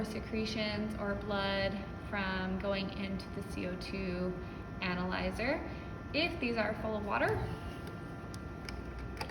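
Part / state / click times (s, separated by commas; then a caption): water trap on an anesthesia machine gas analyzer / released / 8.3 s, 8.7 s, 9.2 s. A plastic water trap is unclipped from the CO2 gas analyzer line of an anesthesia machine, released because it is full of water. Someone talks throughout, and then short ticking clicks are heard at 8.3, 8.7 and 9.2 seconds as the trap clicks off.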